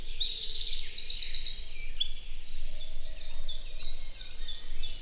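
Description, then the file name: Eurasian wren song: loud, high, rapid buzzy trills and sharp twittering phrases, run together in a fast outburst lasting several seconds, with low background rumble. "Troglodytes troglodytes"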